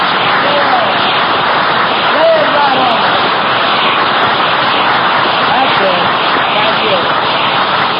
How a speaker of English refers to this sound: Lay that applause on you.